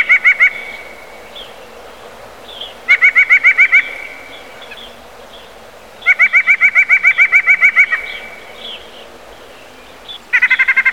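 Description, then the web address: Eurasian jay delivering rapid pulsed bursts of fast repeated nasal notes, of varying length, recurring every few seconds, with soft bird calls between. "peene na ptici soika"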